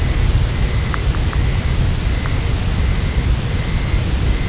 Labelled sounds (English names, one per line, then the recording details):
Dunlin
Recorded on Arctic tundra, site UTQI-0, on 11 June 2019
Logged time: 08:00